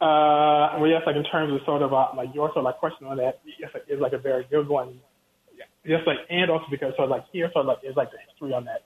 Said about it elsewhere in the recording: A stutter is a difficult thing to take into the world of broadcast. Have you been taken advantage of on air because you stutter?